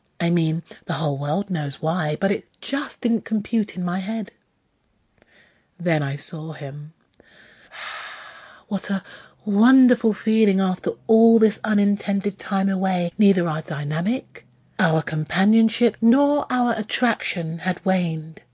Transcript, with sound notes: I mean the whole world knows why, but it just didn’t compute in my head. Then I saw him. (Insert big sigh here) What a wonderful feeling after all this unintended time away, neither our dynamic, our companionship, nor our attraction had waned.